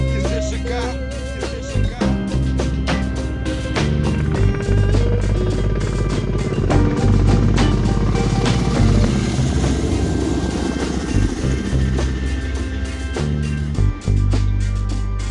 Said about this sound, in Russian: Да, здесь и вертолеты, и выстрелы. Все реально записано на фронте. Это не то, что там прям подборка звуков каких-то, которых скачали с очередного пака, да, упакованного. Нет, это все, естественно, было именно записано на фронте.